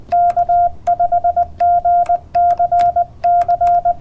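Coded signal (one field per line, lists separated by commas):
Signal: Morse code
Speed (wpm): 20 wpm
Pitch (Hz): 700 Hz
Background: none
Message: K5GCC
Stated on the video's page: CW park activation with a Yaesu FT-891 at 20 watts into a 20m end-fed half-wave antenna on a portable mast.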